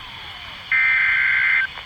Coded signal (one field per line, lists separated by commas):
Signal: Emergency Alert System (SAME) tones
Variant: header bursts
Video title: A compilation of alerts from 8/28/20 (EAS#27-33)